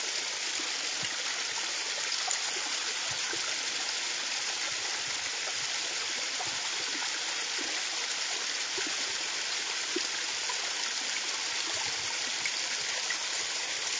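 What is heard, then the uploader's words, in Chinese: Spring water runs in a steady, dense rush that never lets up, bright and hissy with a thin low undertone. Small splashes and gurgles flicker through it at random, and the level stays even from start to finish, unbroken. 清风泉水声。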